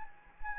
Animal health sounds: mosquito wingbeat signal from an infrared sensor; Anopheles gambiae

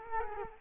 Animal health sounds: mosquito wingbeat signal from an infrared sensor; Culex quinquefasciatus

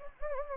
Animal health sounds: mosquito wingbeat signal from an infrared sensor; Anopheles gambiae

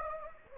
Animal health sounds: mosquito wingbeat signal from an infrared sensor; Anopheles gambiae

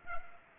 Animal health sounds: mosquito wingbeat signal from an infrared sensor; Culex pipiens

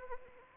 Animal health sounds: mosquito wingbeat signal from an infrared sensor; Anopheles arabiensis

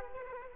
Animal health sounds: mosquito wingbeat signal from an infrared sensor; Aedes aegypti

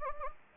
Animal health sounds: mosquito wingbeat signal from an infrared sensor; Anopheles gambiae

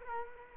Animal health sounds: mosquito wingbeat signal from an infrared sensor; Culex quinquefasciatus

